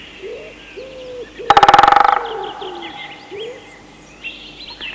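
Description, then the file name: Common wood pigeon giving low mellow coos, interrupted by a loud rapid woodpecker drum roll lasting under a second, with small birds singing in the background. Woodpecker also present. "Hackspett och ringduva"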